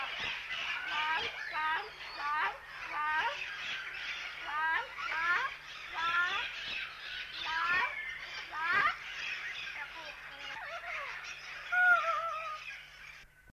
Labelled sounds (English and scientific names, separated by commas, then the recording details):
Mealy Parrot (Amazona farinosa) call
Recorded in captivity
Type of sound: call
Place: Vogelpark Walsrode, Niedersachsen, DE
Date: 1976-09-04
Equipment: Halbspur, 9,5 cm/s
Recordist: Lütgens, Hans
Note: Rufe